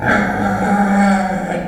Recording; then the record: squeal of a Yucatan mini pig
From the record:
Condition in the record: after surgery on the right vocal fold (resection and tissue-engineered implant); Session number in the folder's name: 2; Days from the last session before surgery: 18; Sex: female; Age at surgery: 19 weeks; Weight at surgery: 25 kg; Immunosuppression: prednisolone